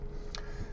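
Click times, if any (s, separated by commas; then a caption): 0.3 s. A foot-operated parking brake pedal in the footwell of a 2013 Honda N One Premium L Package kei car gets a gentle press, and its ratchet latch gives a single short click at 0.4 s. A steady low hum runs throughout, and the brake is released.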